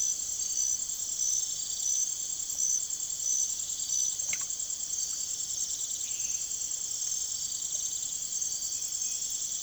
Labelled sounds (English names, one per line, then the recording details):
none
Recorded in secondary vegetation near Puerto Asís, Putumayo, Colombia, on 23 June 2025 at 02:00
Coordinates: 0.489, -76.322
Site G021